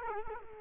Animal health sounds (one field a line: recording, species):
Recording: mosquito wingbeat signal from an infrared sensor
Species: Culex quinquefasciatus